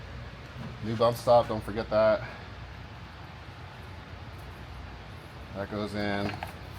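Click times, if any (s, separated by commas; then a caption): none. Someone talks while handling a new rubber or plastic bump stop that is about to go into the strut spring seat during an H&R lowering-spring and brake upgrade on an MK7 VW Golf R. Speech is heard around 1–2 seconds and again near 5.6–6.4 seconds over a low, steady background hum. Nothing has seated or clicked yet.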